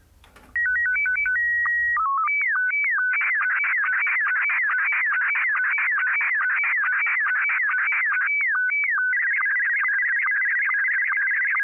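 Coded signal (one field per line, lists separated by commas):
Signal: SSTV (slow-scan television)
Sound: steady high tone, brief low blips, stepping tones, then repeating sweeping warbles and buzzing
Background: low hum before start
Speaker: let's go ahead and get the tape started and we'll receive a picture here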